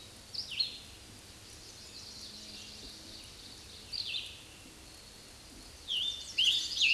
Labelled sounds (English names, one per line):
Scarlet Tanager song